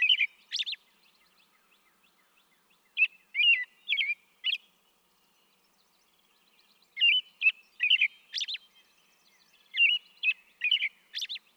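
American robin song: clusters of three or four whistled, slurred phrases, broken by short pauses, with occasional thin high notes.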